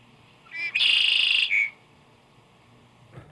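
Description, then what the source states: Red-winged blackbird song: a brief introductory note, then a loud, buzzy, sustained trill lasting under a second and ending in a short note, followed by quiet. Associated with steamy, malodorous wetland.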